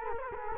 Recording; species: mosquito wingbeat signal from an infrared sensor; Culex quinquefasciatus